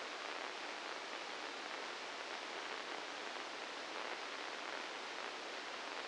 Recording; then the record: brain microelectrode recording played as sound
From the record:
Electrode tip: inside the subthalamic nucleus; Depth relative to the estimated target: -1 mm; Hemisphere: left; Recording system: NeuroSet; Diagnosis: Parkinson's disease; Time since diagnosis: 9 years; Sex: male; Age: 61 years